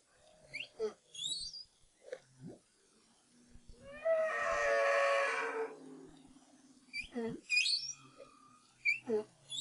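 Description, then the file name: Humpback whale song, faint scattered high upswept squeals and chirps, with a louder broad harmonic wail in the middle. Recorded in 2011. "BRAHSS Whale Song"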